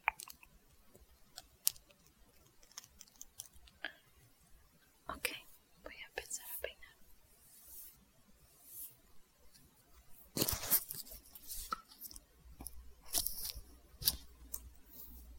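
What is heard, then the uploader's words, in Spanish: Scissors snip again and again in quick, irregular bursts, each cut a short crisp crunch with a bright, hissy edge. The snipping runs the whole time with brief pauses, growing denser and louder around the tenth second and again near the end. Corte de cabello. Muchos sonido de tijeras.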